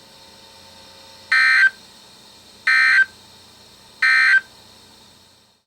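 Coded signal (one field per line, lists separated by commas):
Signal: Emergency Alert System (SAME) tones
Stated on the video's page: Severe thunderstorm and marine warning tones from weather radio station KHB36, received on an Oregon Scientific WR-3000 radio.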